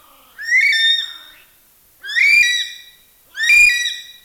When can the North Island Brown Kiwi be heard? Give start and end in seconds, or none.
0.00-4.25